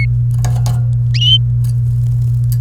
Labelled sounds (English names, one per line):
Domestic Canary song